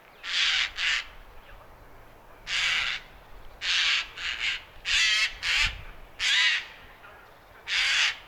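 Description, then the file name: Eurasian jay giving a series of loud, hoarse, tearing screeches spread throughout. "Garrulus glandarius"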